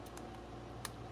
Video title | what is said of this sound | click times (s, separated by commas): Fix Magneto T-Mikes Vintage Outboards Restoration is live! | see it click | 0.9 s